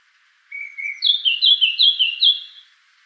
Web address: sylvia atricapilla call